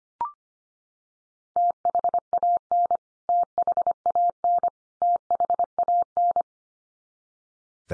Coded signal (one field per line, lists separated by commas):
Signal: Morse code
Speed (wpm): 25 wpm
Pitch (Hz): 700 Hz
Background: none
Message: THAN THAN THAN